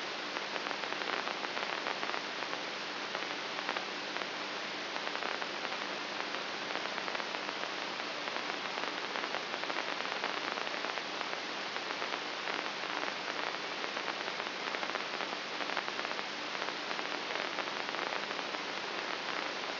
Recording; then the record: brain microelectrode recording played as sound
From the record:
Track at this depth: inside the subthalamic nucleus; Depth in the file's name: 5.84 mm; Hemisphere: right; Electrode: 3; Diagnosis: Parkinson's disease